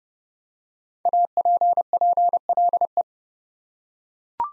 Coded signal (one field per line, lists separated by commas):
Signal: Morse code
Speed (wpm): 30 wpm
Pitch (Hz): 700 Hz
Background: none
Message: APPLE